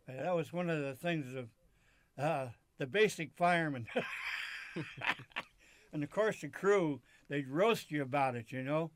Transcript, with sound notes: That was one of the things, the basic fireman. ( they laugh ) And, of course, the crew, they'd roast you about it, you know.